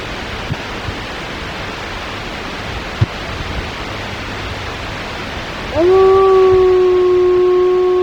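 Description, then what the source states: Mammal howl: after several seconds of steady background hiss, one clear sustained tonal note begins, sliding slightly up at the start and holding level to the end. Solitary mammal recorded in Wrangell-St. Elias, Alaska, on 4 February 2017.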